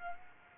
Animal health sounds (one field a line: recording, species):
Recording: mosquito wingbeat signal from an infrared sensor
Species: Aedes aegypti